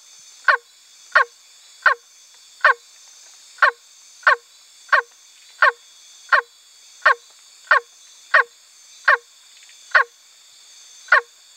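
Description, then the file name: Milk frog calls: loud, harsh honking croaks in a rapid series, each dropping at the end, over a steady high background hum. "Phrynohyas sp"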